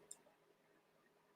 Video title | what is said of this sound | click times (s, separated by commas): LIVE! Built from Bricks - Building in the Studio | clips into the way this thing was designed so it locks into place like that | 0.1 s